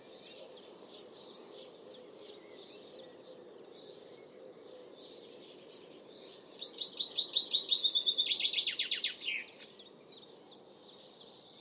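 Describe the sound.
Bird song: soft, regular high chirps about three per second, then a loud rapid trill with steep downslurred notes around seven to nine seconds, chirping resumes after.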